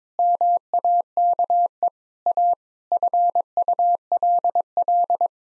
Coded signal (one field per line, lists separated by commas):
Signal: Morse code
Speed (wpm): 22 wpm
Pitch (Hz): 700 Hz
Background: none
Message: MAKE A FULL